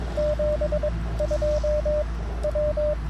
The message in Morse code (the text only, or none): 72 W